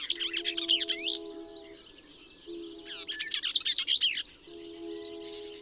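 Bell's vireo song: two rapid, chattering, husky warbled phrases with a pause between, over a steady low tonal hum that comes and goes.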